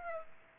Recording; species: mosquito wingbeat signal from an infrared sensor; Aedes aegypti